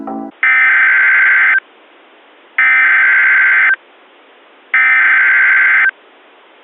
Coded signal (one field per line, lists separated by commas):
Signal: Emergency Alert System (SAME) tones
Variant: header bursts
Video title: EAS Reenactment Mock: Gas Fire in Grand Prairie, TX - Apr 18, 2020